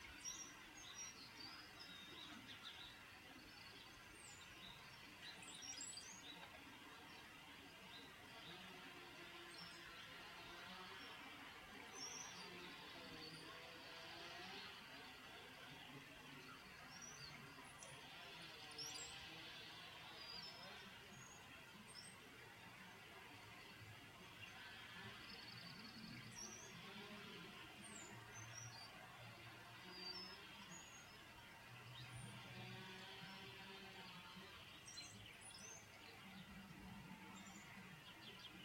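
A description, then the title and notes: Birds chirp over a steady patter of rain. Short, high calls come in scattered bursts throughout, denser around the middle and late stretches, while a constant hiss fills the background and a low, murmuring rumble shifts underneath. The overall level stays even. Birds and Rain, sounds of Nature.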